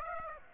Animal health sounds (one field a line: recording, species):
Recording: mosquito wingbeat signal from an infrared sensor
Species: Aedes aegypti